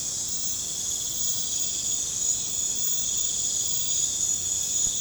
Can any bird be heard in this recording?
no